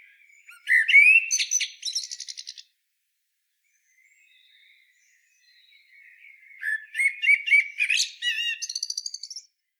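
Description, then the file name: Eurasian blackbird singing two phrases of rich warbled notes that break into high scratchy twitters; the second phrase runs longer and ends in thin squeaky notes. "Turdus merula"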